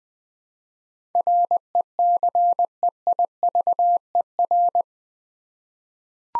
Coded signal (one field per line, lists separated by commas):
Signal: Morse code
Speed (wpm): 20 wpm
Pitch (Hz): 700 Hz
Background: none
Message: RECEIVER